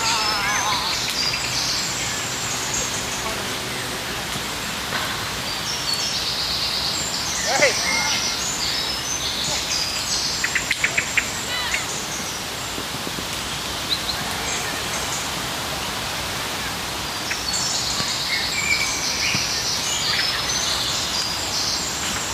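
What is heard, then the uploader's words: In the park, birds chirp steadily over a constant outdoor hiss, with faint voices and a few sharp clicks around the middle. IN THE PARK. We took a walk in our favorite park and figured, that this would be the perfect soundscape! Surrounded by trees, sitting down in the shade and simply letting time pass by.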